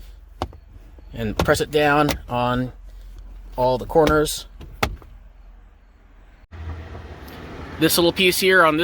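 After two wiring harnesses are reconnected, a plastic climate control panel is lined up and pressed down on all its corners into the center console of a Scion tC2 / tC2.5, and a loud snap at 0.4 s marks it seating in place. Someone talks throughout, and another sharp click is heard at about 4.8 s.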